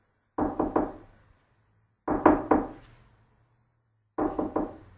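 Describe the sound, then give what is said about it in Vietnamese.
Three bursts of firm knocking from outside on a room door, each a quick triple rap with a short ring after, spaced about two seconds apart, with no voices. “Bầu không khí trong phòng nóng lên, tiếng gõ cửa bên ngoài như một gáo nước lạnh đổ ập xuống, tiêu diệt triệt để.”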